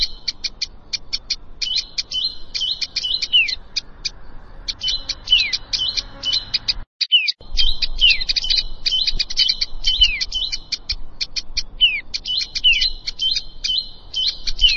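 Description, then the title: Plain prinia repeating fast, scratchy, high chirps and buzzy trills, many notes sweeping downward, continuing almost nonstop around one short silent gap. "Ciblek Sawah"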